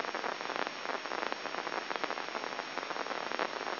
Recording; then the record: brain microelectrode recording played as sound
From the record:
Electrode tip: inside the subthalamic nucleus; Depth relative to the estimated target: 0 mm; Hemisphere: left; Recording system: AlphaMap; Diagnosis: Parkinson's disease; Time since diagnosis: 7 years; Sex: male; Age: 59 years